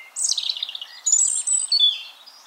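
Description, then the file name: European robin delivering a rushed descending cascade of liquid notes, then a thin high whistle and a few brief bright notes. "Erithacus rubecula"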